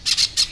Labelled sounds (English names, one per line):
Brown-throated Parakeet contact call